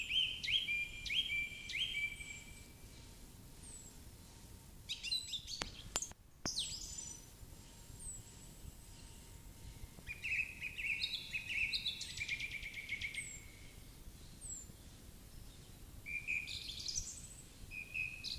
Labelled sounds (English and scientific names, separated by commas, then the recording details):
Song Thrush (Turdus philomelos) song
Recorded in the wild
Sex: male
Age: adult
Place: Erlangen, Bayern, DE
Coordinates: 49.6086, 10.9697
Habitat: carr
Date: 1961-05-01
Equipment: Original, Vollspur
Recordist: Tretzel, Erwin